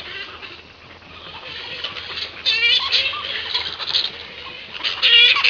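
Grey-headed flying fox squabbling: rasping, nasal chatter and sharp squeaks, quieter at first, then louder bursts of buzzy calls.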